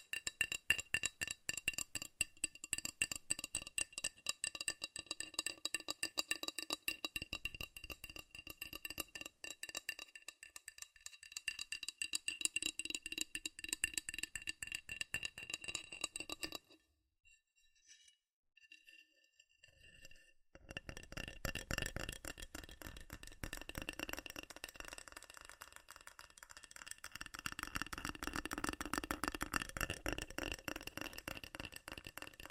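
Fast, furious tapping on metal, a dense rattling stream of bright, ringing clicks that runs almost without pause. Around seventeen seconds the tapping drops to near silence for a few seconds, then resumes just as quick and busy to the end.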